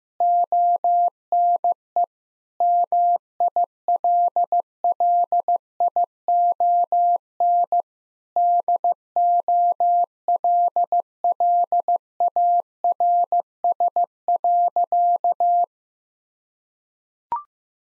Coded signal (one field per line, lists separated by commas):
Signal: Morse code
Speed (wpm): 15 wpm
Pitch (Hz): 700 Hz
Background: none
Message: ONE MILLION DOLLARS.